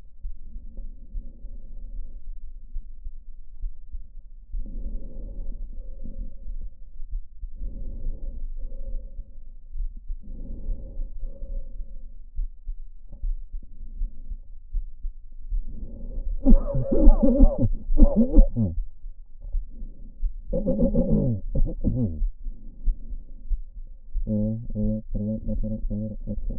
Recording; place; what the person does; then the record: lung sounds by stethoscope; left anterior apical chest; quiet breathing, then cough and speech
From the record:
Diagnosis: none (healthy); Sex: male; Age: 45 years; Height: 173 cm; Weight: 92 kg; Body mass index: 30.7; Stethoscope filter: diaphragm mode